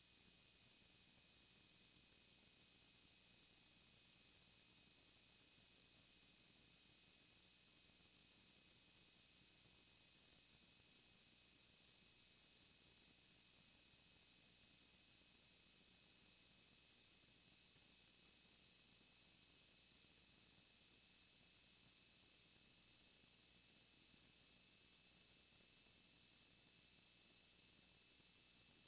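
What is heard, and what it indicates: A steady, very high-pitched whistle holds unchanged for the full half minute over a faint hiss. It is a simulated sample of tonal tinnitus, the constant ringing some people hear with no outside sound.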